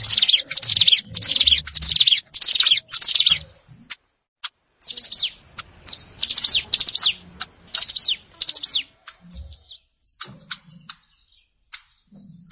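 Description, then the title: Prinia song: buzzy, high, rasping phrases repeated rapidly with short gaps, and a few sharp ticks toward the end. Recorded in a rice field. "Ciblek Sawah 1"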